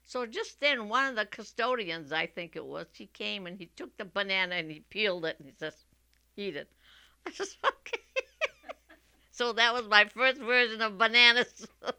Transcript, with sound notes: So just then one of the custodians, I think it was, he came, and he took the banana and he peeled it and says, "Eat it." ( she laughs ) I says, "How can I?" So that was my first version of bananas.